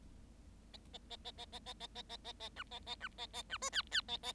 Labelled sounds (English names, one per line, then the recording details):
Bengalese Finch song
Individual Bird7